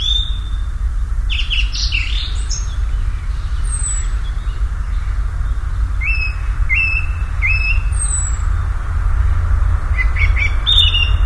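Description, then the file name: Common nightingale song with varied phrases: sharp clicks, high thin whistles and series of repeated rising notes, against a continuous low droning noise. "Nachtigall"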